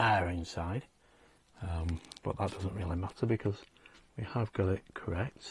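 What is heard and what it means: A man talks over a plastic window slide mounting plate (part 6G) being handled for pressing onto three locating pegs on the door of a scale model Ford Falcon car, built in stages 5 and 6. Only speech is heard, with a brief quiet stretch around 1.0 to 1.6 seconds. Nothing has snapped or seated yet; the part is still not home when the clip ends.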